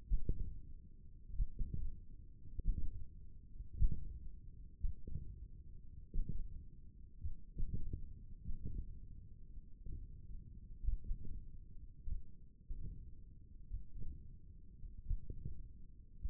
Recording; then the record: forearm muscle sounds (acoustic myography)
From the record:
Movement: wrist flexion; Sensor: system 1, eight BSWA MPA416 microphones around the upper forearm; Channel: 1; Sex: male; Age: 20 years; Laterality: left